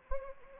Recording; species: mosquito wingbeat signal from an infrared sensor; Anopheles arabiensis